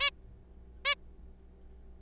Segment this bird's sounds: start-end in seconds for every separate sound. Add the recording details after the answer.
0.01-0.10, 0.85-0.95. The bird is a juvenile. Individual R3428